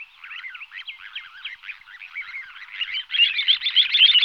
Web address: All the bird songs of Britain and Europe - Jean-Claude Roche. Charadrius dubius